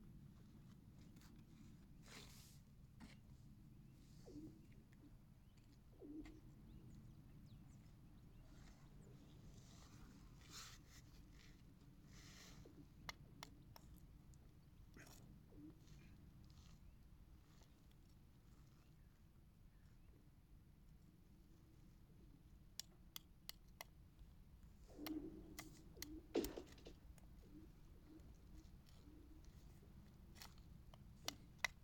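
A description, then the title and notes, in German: The ice of a frozen lake sings under thermal stress, a constant low rumbling drone running beneath everything. Sharp cracks, pings and zings break through at scattered moments, with a busier cluster of snaps around twenty-five to twenty-seven seconds. Singendes Eis. Das Eis des zugefrorenen Sees singt durch die Wärmespannungen.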